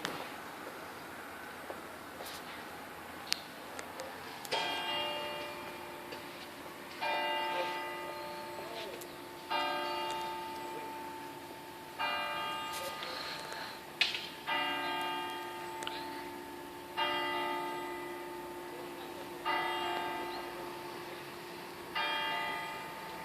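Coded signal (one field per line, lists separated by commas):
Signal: clock strike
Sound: a single church bell strikes slowly and evenly, about eight tolls, each ringing on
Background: outdoor ambience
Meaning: Strikes the hour, nine o'clock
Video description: h. 09:00: segnale orario sulla mezzana Re3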